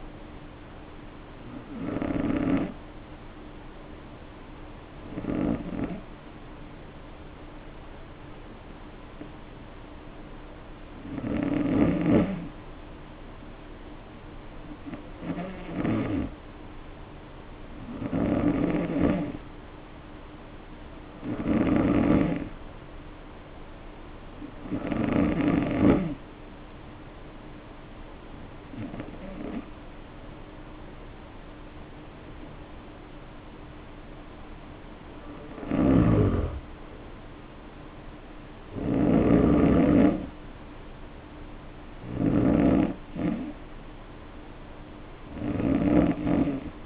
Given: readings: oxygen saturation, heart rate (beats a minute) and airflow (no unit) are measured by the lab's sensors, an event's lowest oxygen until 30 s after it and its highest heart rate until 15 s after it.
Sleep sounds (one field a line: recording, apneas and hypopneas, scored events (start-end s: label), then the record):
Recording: breathing in sleep by a voice recorder at the bedside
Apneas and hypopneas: 1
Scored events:
6.00-27.40 s: hypopnea (N2, oxygen 93% highest, then 90% lowest, heart rate 55 at the start, 63 highest)
From the record:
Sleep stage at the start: N2 (light sleep)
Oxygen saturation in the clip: 90 to 93%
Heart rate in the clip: 54 to 63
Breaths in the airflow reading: 14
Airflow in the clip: -2.6 to 3.4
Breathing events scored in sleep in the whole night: 520 in 7.2 hours asleep